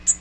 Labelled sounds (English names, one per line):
Magnolia Warbler flight call